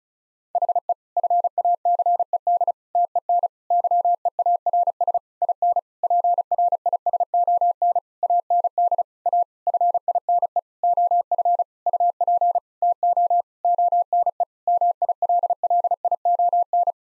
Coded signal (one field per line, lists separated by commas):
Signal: Morse code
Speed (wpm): 36 wpm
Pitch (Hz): 700 Hz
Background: none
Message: HE FACED TEN YEARS IN PRISON AND A FINE OF UP TO ONE MILLION